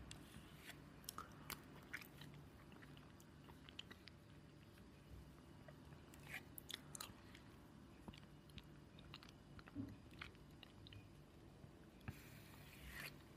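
A person eating: irregular crunchy bites and chewing clicks over a steady low rumble, with a louder burst of crunching near the end.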